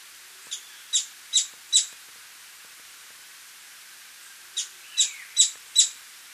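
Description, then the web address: Streak-capped treehunter calling in two bursts of four sharp, high chips, each burst evenly paced, separated by a few seconds of quiet hiss. Recorded in Ecuador. "Birds of Ecuador. Streak-capped Treehunter"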